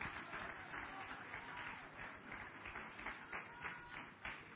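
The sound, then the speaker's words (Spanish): An audience applauds for Christ together, a steady, dense wash of many hands clapping at once that holds at an even level throughout, with no voices standing out above it. “Denle un aplauso a Cristo y se puede sentar.”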